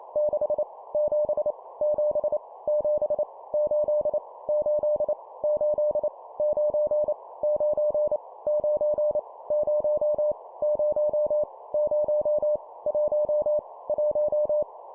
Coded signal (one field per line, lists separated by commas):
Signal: Morse code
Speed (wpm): 28 wpm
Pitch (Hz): 600 Hz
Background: none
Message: 6 7 7 7 8 8 8 9 9 9 0 0 0 1 1